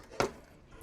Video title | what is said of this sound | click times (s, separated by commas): Citroen C4 rear light removal | these just snap into place, look. | 0.2 s